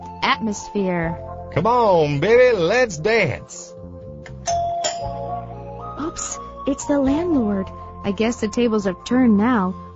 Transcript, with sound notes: Atmosphere!
Come on baby, let's dance! [Doorbell rings]
Oops! It's the landlord. I guess the tables have turned now.